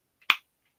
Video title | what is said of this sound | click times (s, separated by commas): G.I. Joe New News... (Classified) Review #119 Cobra Ferrit ATV with Scout | Oh, hear that snap? | 0.3 s